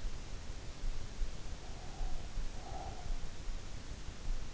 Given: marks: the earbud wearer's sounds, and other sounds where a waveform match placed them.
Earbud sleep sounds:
sounds in sleep by an in-ear microphone; breath
1.45-4.29 s: breath

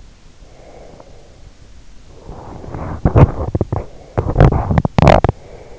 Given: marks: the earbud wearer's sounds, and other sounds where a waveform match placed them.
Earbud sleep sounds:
sounds in sleep by an in-ear microphone; breath, teeth grinding
0.41-2.06 s: breath
2.50-5.42 s: teeth grinding

